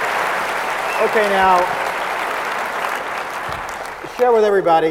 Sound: applause

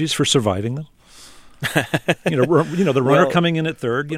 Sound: laughter

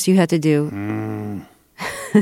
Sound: grunting; laughter

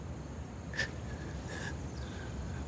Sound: crying

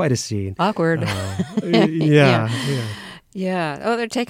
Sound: laughter

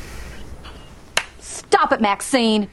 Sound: soundbite of slap

